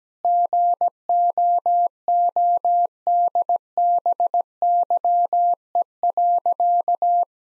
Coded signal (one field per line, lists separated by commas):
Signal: Morse code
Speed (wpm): 17 wpm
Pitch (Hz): 700 Hz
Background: none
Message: GOODBYE.